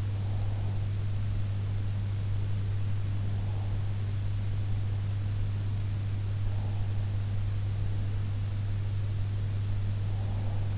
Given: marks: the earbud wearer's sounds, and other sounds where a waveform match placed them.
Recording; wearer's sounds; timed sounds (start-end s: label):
sounds in sleep by an in-ear microphone; breath
0.00-0.96 s: breath
10.00-10.78 s: breath